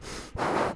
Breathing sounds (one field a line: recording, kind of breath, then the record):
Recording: one breath in and out by a microphone near the nose and mouth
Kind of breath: strong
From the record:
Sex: male